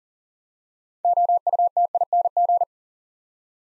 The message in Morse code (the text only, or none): OUTING